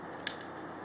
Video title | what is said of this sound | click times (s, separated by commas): Ace Reviews - MG Gundam Epyon (Part 2) | And you can actually hear them click a little bit once they move into position. | 0.3 s